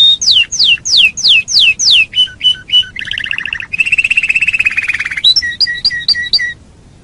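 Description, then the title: Canary song with repeated downslurred whistles, a string of short clipped notes, a dense buzzy rattle, and a closing series of two-part chirps. "Kenari"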